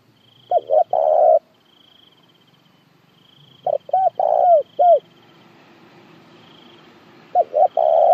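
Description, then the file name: Spotted dove giving repeated coo phrases, short notes leading into a drawn-out rolling coo, three bouts, over a pulsing high-pitched insect drone and faint background noise. Calling the flock. "Tieng cu gay goi bay"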